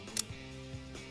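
The plastic layer of a B-103 Screw Trident spinning top is twisted to lock onto its disc and driver. The next tooth gives a single sharp click at 0.2 s, with fainter ticks after it. It is the same big but loose click, only a partial lock.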